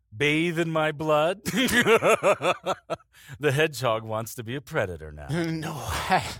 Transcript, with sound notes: Bathe in my blood? [LAUGHTER] The hedgehog wants to be a predator now?
No - I